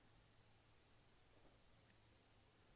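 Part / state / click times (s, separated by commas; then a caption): top-fill cap on clearomizer tank / not seated / none. The metal top-fill cap on a Kaees Landmark sub-ohm clearomizer tank is handled after filling, before being turned closed, with only faint rustling over a steady low hum and broadband hiss. The cap has not clicked or seated yet.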